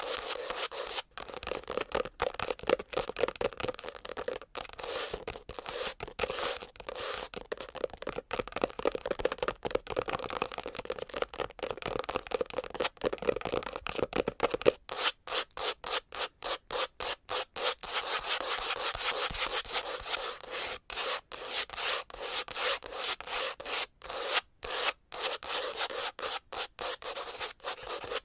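Fast, aggressive scratching and tapping with nails on objects makes a dense, bright rasping that runs almost without pause. After about fifteen seconds it breaks into quicker, choppier strokes with short gaps, growing sharper and hissier before settling back into rapid rubbing.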